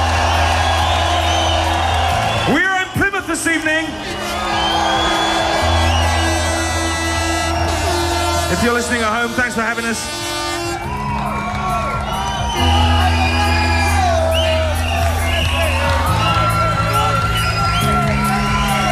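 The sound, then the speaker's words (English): A club crowd at Scream screams, whoops and cheers loudly and continuously over pounding dance music with a steady bass beat, while a man speaks over the noise during Radio 1's Essential Mix broadcast. “We are at Scream tonight. They live up to their name, don't you?”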